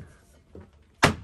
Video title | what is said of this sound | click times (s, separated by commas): New 2021 Jeanneau Merry Fisher 795 Series 2 technical walkthrough guided tour | opens up magnetically snaps into place giving | 1.0 s